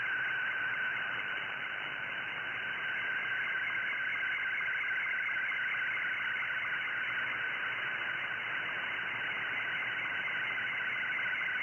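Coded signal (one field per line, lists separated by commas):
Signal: SSTV (slow-scan television)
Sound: continuous warbling, chirping tone with a fast steady ticking rhythm throughout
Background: radio hiss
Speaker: Kind of a bit of an audio howl. It's not the nicest thing to listen to, but you'll see what I mean in a moment.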